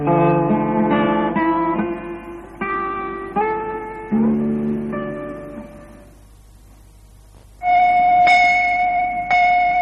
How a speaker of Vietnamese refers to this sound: Con xin dân nén hương theo tiếng chuông thanh từ.